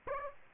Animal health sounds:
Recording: mosquito wingbeat signal from an infrared sensor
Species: Aedes aegypti

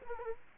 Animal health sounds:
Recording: mosquito wingbeat signal from an infrared sensor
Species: Culex quinquefasciatus

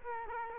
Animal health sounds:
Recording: mosquito wingbeat signal from an infrared sensor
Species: Culex quinquefasciatus

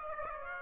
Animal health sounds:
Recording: mosquito wingbeat signal from an infrared sensor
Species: Aedes aegypti

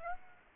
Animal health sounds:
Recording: mosquito wingbeat signal from an infrared sensor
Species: Aedes aegypti

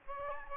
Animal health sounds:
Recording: mosquito wingbeat signal from an infrared sensor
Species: Aedes aegypti

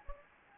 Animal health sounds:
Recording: mosquito wingbeat signal from an infrared sensor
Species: Anopheles gambiae

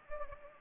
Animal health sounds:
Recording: mosquito wingbeat signal from an infrared sensor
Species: Anopheles gambiae

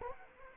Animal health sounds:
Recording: mosquito wingbeat signal from an infrared sensor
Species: Anopheles arabiensis

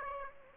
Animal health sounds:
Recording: mosquito wingbeat signal from an infrared sensor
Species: Aedes aegypti

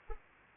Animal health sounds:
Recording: mosquito wingbeat signal from an infrared sensor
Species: Anopheles arabiensis

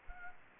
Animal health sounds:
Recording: mosquito wingbeat signal from an infrared sensor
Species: Culex quinquefasciatus

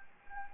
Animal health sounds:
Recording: mosquito wingbeat signal from an infrared sensor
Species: Anopheles gambiae

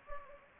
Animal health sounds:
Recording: mosquito wingbeat signal from an infrared sensor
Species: Anopheles gambiae

